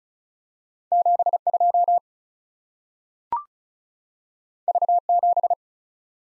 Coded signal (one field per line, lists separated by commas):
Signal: Morse code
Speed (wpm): 36 wpm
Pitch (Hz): 700 Hz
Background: none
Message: 72 V7